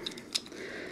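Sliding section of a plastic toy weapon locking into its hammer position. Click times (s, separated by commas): 0.1 s, 0.4 s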